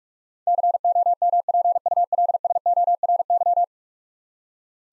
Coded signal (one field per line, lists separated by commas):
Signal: Morse code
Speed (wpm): 46 wpm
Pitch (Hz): 700 Hz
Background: none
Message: COMPULSORY